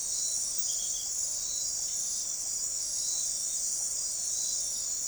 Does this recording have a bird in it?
no